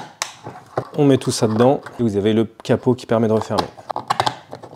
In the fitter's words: The card is first slid forward here and then clicked into place at the bottom.